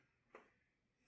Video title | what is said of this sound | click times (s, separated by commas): Trach care | Listen for the click. | 0.4 s